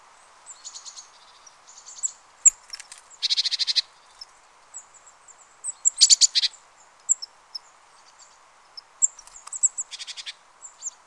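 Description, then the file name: Great tit, harsh buzzy churring bursts near three, six and ten seconds, set among thin, very high chips and short twitters scattered through the whole stretch. "Parus major"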